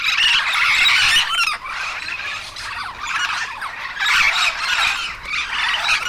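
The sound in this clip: Yellow-shouldered amazon squawks, harsh screeching calls continuous and loud throughout with brief dips in volume.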